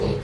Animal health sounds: contact call of a hoofed animal; pig; closed-mouth grunt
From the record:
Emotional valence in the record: positive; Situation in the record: food and toys in familiar pen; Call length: 0.25 s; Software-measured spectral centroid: 1690 Hz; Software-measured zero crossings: 1120 a second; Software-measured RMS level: -24 dBFS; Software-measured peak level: -13 dBFS

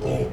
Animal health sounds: contact call of a hoofed animal; pig; closed-mouth grunt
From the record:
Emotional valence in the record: negative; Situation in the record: short social isolation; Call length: 0.32 s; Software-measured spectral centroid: 1630 Hz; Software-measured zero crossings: 980 a second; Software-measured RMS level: -24 dBFS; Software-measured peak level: -13 dBFS

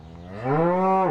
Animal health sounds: contact call of a hoofed animal; cattle; low-frequency (closed-mouth) or high-frequency (open-mouth) call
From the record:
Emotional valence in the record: negative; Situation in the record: full separation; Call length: 1.10 s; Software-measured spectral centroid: 900 Hz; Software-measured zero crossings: 1170 a second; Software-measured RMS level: -23 dBFS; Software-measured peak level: -10 dBFS

